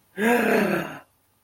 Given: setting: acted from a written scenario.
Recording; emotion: vocal sound without words; negative surprise